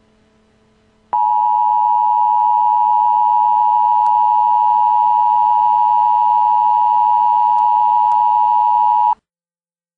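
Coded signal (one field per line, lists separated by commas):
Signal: Emergency Alert System (SAME) tones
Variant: 853 and 960 Hz attention tone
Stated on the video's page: Fictional mock-up EAS messages (Emergency Action Notification, National Emergency, Emergency Action Termination) made with EAS message programs.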